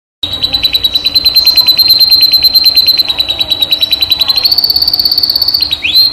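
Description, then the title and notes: Canary song: a long fast trill of rapid notes around a steady high pitch, rising slightly near the end into a sharp upward sweep. Canary master song used as training to stimulate other birds to sing. "PANCINGAN SUARA MASTERAN KENARI BIKIN BURUNG MAKIN MENGGILA. masteran kicau kenari"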